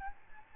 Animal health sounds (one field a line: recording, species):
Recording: mosquito wingbeat signal from an infrared sensor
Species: Aedes albopictus